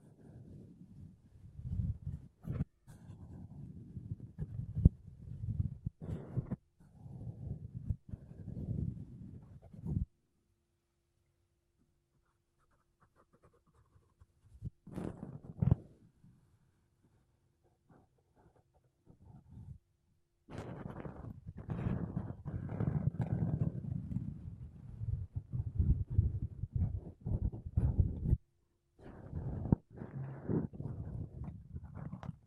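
Makeup brushes and a sponge are rubbed against a microphone in dense, scratchy bursts with a low rumbling body and sharp clicks. The brushing stops almost completely from about 10 to 20 seconds, leaving only faint scattered touches, then resumes strongly with a brief pause near 28 seconds.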